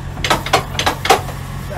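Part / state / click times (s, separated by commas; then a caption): fifth wheel coupling jaws locking on trailer kingpin / seated / 0.2 s, 0.3 s, 0.5 s, 0.8 s, 1.0 s. A driver reaches under a semi truck and pulls the metal fifth-wheel release handle out to check the trailer coupling. Sharp metallic clicks sound at 0.3, 0.3, 0.5, 0.5, 0.8 and 1.1 seconds over a low idling hum. The clicking confirms the fifth-wheel jaws are locked around the trailer kingpin, the sound that shows the coupling is seated.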